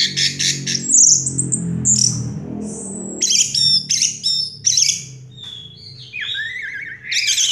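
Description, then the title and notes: Orange-headed thrush song: dense, varied high whistled and scratchy phrases with a loud low rumbling hum underneath in the first seconds. Anis merah song in the 'teler' style, with a clear voice. "Anis Merah Teler Suara Jernih. suara anis merah"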